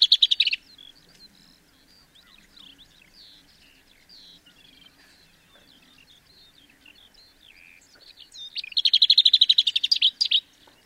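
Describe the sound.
Lesser whitethroat song: a brief dry rattle, then soft scratchy warbling, then a loud rapid rattle on one pitch lasting about two seconds near the end.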